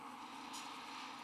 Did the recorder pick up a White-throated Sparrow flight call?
no